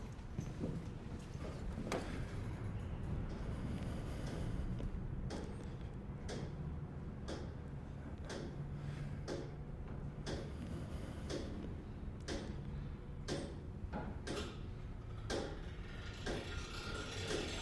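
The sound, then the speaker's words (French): A mechanical clock ticks steadily, one sharp click every second, over a low, continuous mechanical rumble, with no voices; every 20 seconds the movement releases with a click as its inertia flywheel starts to turn. “Donc là, vous entendez que l'horloge. Vous avez le tic-tac qui bat la seconde.”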